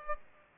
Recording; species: mosquito wingbeat signal from an infrared sensor; Aedes aegypti